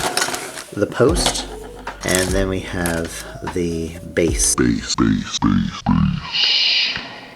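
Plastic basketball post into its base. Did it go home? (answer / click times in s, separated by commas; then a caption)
no / none. Someone talks while handling a plastic basketball post and its plastic base from a PLAYMOBIL Multi-Sport Carry Case Set #70713, with a brief sharp handling sound near 0.2 seconds. The post has not been pressed home into the base yet, so nothing has seated or clicked.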